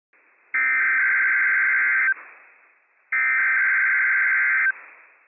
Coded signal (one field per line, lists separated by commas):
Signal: Emergency Alert System (SAME) tones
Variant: header bursts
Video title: NWS Pendleton RWT - WWF56 - EAS #255 - 10:43 AM PDT 8/17/22